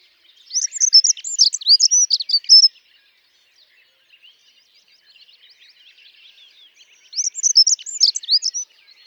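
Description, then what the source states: Dunnock song: two hurried, scratchy high warbling phrases, each about two seconds long, separated by a pause of several seconds with faint twittering. Also called traîne-buisson; often overwinters locally; sings often in spring; shy bird that moves about constantly.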